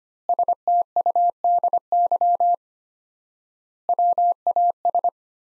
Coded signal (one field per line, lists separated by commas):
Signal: Morse code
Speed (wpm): 25 wpm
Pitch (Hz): 700 Hz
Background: none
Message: STUDY WAS